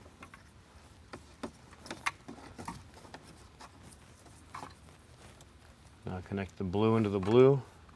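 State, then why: Not seated. Someone handles the blue plastic harness plug and lines it up with the blue port on the amp harness of a 2024+ Jeep Wrangler or Gladiator, making light plastic taps and rubbing sounds. Someone talks near the end. Nothing has seated or clicked yet.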